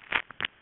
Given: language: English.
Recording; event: throat vibration sensor signal played as sound; swallow